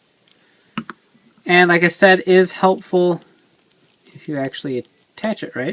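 A plastic dragon tail is plugged into the rear socket of an action figure, and it seats with a sharp click at 0.8 s. A second quick click follows, and then someone talks.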